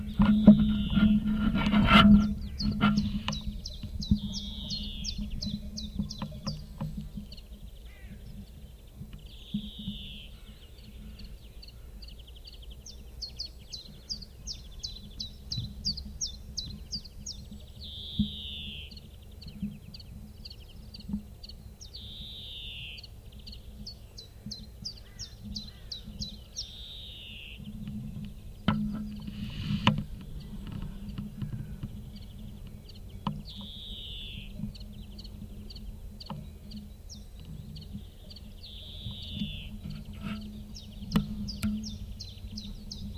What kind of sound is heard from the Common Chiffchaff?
song